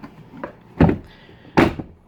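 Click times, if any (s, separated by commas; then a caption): none. A second plastic panel, part S of a Keter storage cabinet, is pushed into its frame, producing a light tap near 0.4 s and two heavier hollow thumps around 0.8 s and 1.6 s. The panel does not seat, and no click is heard.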